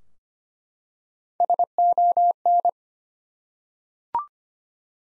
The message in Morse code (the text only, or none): SON